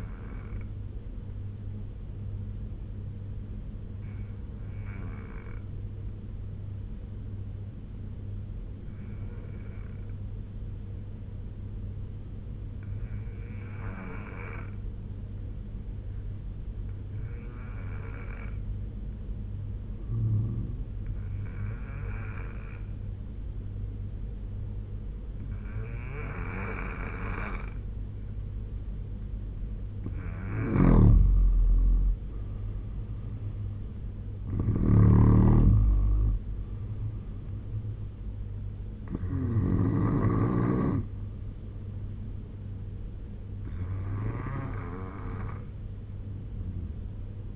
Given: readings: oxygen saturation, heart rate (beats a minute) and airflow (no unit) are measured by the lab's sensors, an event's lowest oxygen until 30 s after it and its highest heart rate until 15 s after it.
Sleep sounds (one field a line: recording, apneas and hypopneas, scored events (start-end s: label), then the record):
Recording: breathing in sleep by a smartphone at the bedside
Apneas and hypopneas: 1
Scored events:
3.00-20.10 s: obstructive apnea (N2, oxygen 94% highest, then 84% lowest, heart rate 74 at the start, 82 highest)
15.00-45.00 s: new sleep stage, N3 (deep sleep)
45.00-47.56 s: new sleep stage, N2 (light sleep)
From the record:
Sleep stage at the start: N2 (light sleep)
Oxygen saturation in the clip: 86 to 95%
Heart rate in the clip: 66 to 82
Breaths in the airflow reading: 5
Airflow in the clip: -7.7 to 8.5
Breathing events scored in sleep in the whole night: 201 in 6.5 hours asleep